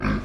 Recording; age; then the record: pig call; growing-finishing pig (85 days or more)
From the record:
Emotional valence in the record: negative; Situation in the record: barren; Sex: male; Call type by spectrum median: low-frequency call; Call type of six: low-frequency stable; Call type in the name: low-frequency stable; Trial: 4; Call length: 0.25 s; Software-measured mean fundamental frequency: 62 Hz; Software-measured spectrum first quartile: 164 Hz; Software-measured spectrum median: 374 Hz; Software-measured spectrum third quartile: 1365 Hz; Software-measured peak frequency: 230 Hz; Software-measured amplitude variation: 115 dB a second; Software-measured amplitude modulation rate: 22.3 a second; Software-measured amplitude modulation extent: 5.1 dB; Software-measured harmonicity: 1.8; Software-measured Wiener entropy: -1.56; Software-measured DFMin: 701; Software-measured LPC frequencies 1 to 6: 1243, 1603, 2362, 3504, 4464, 5207 Hz